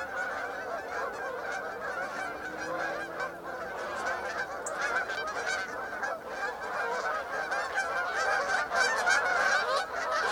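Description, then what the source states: Canada goose: canada geese honking continuously, a chorus of overlapping nasal honks from many birds, growing louder toward the end. Flock flying overhead.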